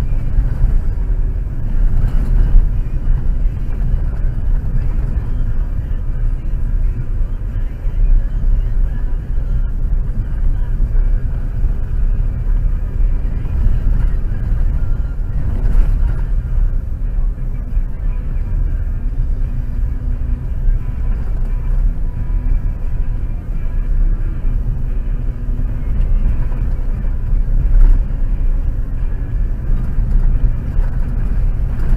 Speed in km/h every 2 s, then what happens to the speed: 28, 27, 26, 25, 25, 26, 28, 29, 27, 25, 25, 24, 24, 24, 28, 27.
0-32 steady at about 26.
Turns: none.